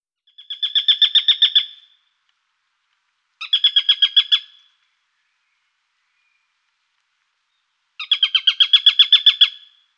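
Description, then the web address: Eurasian sparrowhawk calling in three short, fast series of harsh, high kek notes, with silent pauses between. "Sperber. epervier d europe"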